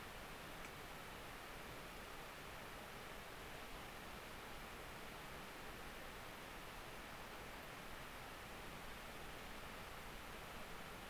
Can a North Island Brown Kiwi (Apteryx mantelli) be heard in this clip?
no